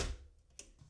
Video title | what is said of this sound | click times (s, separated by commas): FR - Tuto d'initiation au minage de crypto-monnaie | là c'est clipsé et je tiens à m'excuser aussi du son qui peut être | 0.6 s